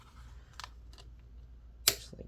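A plastic screen bezel on a Dell Inspiron 15 3535 laptop lid is pressed on its outer edge and its two layers are pinched together. A few faint clicks come at 0.6 s and 1.0 s, then a sharp, loud snap at 1.9 s as the plastic clips seat into place, with a soft tap at 2.2 s.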